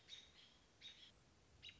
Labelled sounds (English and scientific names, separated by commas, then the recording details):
American Robin (Turdus migratorius)
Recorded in Sonoma County, California